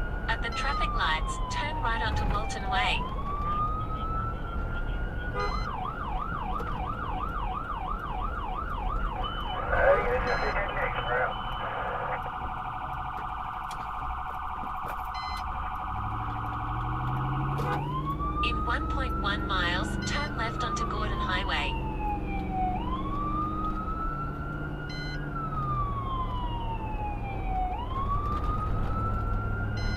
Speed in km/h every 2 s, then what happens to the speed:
82, 79, 77, 76, 69, 55, 27, 13, 27, 47, 63, 72, 74, 76, 79.
0-13 brakes to 13. 13-30 speeds up to 79.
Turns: 12-17.